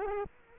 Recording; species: mosquito wingbeat signal from an infrared sensor; Aedes aegypti